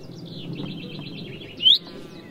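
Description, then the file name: Common chaffinch call: a single sharp, rising note near the end, after soft warbling twitter. "Fringilla coelebs"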